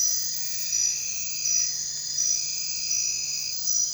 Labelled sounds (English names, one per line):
none